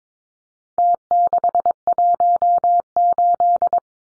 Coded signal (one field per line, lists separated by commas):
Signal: Morse code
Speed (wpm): 22 wpm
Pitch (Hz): 700 Hz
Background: none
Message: T618